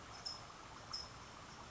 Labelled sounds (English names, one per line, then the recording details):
California Towhee
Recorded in Sonoma County, California